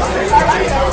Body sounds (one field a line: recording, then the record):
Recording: background sound without coughing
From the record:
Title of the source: Nightlife Party Simulating Party Club Noise 1 Hour